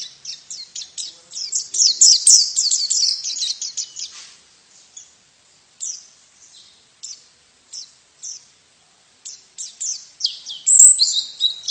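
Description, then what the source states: White-eye, a stream of rapid high twittering chirps, loud at first, then scattered single notes before another brighter burst. Female bird.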